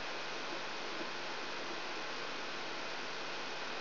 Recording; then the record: brain microelectrode recording played as sound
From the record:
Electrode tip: outside the subthalamic nucleus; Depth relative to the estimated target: -8 mm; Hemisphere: right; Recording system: AlphaMap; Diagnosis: Parkinson's disease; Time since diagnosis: 13 years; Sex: male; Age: 62 years